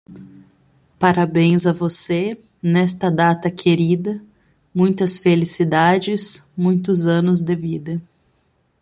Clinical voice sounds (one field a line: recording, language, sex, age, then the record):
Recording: short text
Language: Brazilian Portuguese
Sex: female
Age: 30 to 39 years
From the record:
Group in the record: control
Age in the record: 36 years